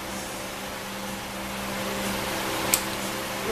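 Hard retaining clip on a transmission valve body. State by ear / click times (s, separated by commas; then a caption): released / 2.7 s. A stubborn hard retaining clip is worked off a 4R44E transmission valve body over a steady low hum. A sharp snap at 2.7 seconds marks the clip popping free, and it is released.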